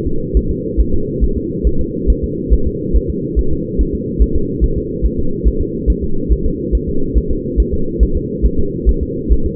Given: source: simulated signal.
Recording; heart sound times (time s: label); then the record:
fetal heart sounds
0.07 s: S2
0.37 s: S1
0.51 s: S2
0.81 s: S1
0.94 s: S2
1.24 s: S1
1.38 s: S2
1.67 s: S1
1.81 s: S2
2.10 s: S1
2.24 s: S2
2.54 s: S1
2.67 s: S2
2.96 s: S1
3.10 s: S2
3.39 s: S1
3.53 s: S2
3.81 s: S1
3.95 s: S2
4.22 s: S1
4.36 s: S2
4.64 s: S1
4.78 s: S2
5.06 s: S1
5.19 s: S2
5.48 s: S1
5.61 s: S2
5.90 s: S1
6.04 s: S2
6.32 s: S1
6.46 s: S2
6.75 s: S1
6.89 s: S2
7.18 s: S1
7.31 s: S2
7.60 s: S1
7.74 s: S2
8.03 s: S1
8.17 s: S2
8.46 s: S1
8.59 s: S2
8.89 s: S1
9.03 s: S2
9.33 s: S1
9.46 s: S2
From the record:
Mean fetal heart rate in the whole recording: 140 bpm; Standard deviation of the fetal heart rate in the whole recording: 2 bpm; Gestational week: 34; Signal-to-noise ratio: -8.1 dB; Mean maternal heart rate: 72 bpm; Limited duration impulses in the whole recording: absent